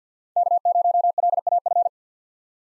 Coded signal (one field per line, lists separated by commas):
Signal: Morse code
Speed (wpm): 50 wpm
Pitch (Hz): 700 Hz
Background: none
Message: K0LAF